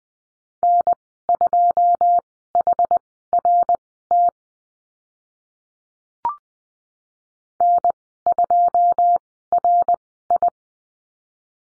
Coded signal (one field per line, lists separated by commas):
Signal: Morse code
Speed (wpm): 20 wpm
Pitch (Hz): 700 Hz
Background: none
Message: N2HRT N2RI